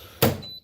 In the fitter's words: On enclenche et c'est reparti.